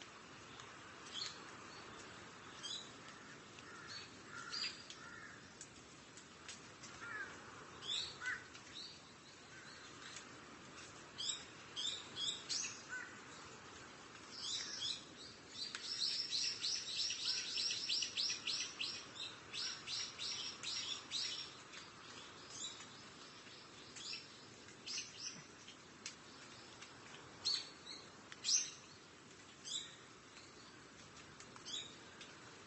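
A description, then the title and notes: Forest birds chirp and call steadily over a low outdoor hush, with a dense burst of bright chattering between roughly fifteen and twenty-two seconds. Japanese Forest Nature Sounds.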